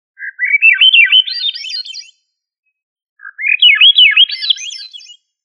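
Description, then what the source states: Thrush gives two clear phrases of fast, looping whistles that ascend steadily in pitch, with about a second of silence between them. Family Turdidae; called sabiá.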